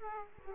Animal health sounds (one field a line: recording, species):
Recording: mosquito wingbeat signal from an infrared sensor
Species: Aedes aegypti